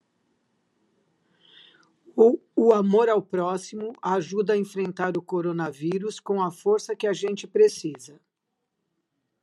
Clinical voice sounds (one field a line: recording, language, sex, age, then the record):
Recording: spoken sentence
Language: Brazilian Portuguese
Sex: female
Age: 60 to 69 years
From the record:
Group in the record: control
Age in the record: 62 years